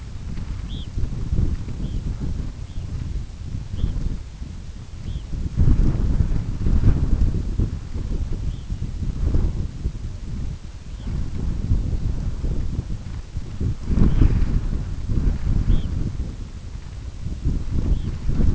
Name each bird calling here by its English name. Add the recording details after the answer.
Red Phalarope. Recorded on Arctic tundra, site UTQI-5, on 25 June 2018. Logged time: 18:00